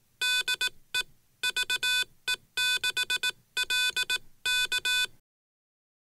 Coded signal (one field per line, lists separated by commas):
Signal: Morse code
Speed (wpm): 18 wpm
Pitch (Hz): 1500 Hz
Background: none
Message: DE VE6LK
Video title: F 150 power distribution ideas for radios